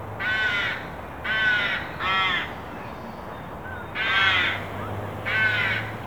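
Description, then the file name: Carrion crow giving hoarse caws, three in quick succession, then a pause and two more, over a low background hum. "Corvus corone"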